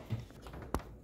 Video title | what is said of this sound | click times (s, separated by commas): How To Maintain Your EG4 Solar Mini Split Heat Pump, Do This ASAP!! | it a good push in the middle and with any luck you'll hear a few clicks | 0.7 s